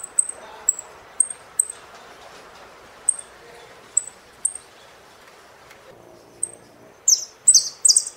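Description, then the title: Saffron finch song: a run of short, piercing high whistled notes at uneven intervals, then a few loud buzzy bursts close the phrase. "Jilguero Argentino"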